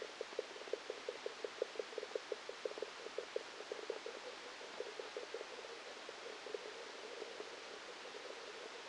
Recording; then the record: brain microelectrode recording played as sound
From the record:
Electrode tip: outside the subthalamic nucleus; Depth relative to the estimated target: -5 mm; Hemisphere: left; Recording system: NeuroSet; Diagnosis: Parkinson's disease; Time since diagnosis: 8 years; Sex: male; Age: 37 years